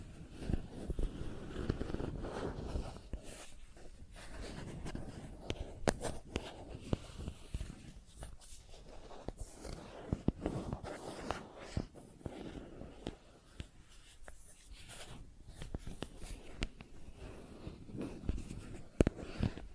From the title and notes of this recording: ASMR Plastic Objects Tapping and Scratching (No Talking).